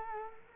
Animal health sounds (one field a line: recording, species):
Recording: mosquito wingbeat signal from an infrared sensor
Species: Culex quinquefasciatus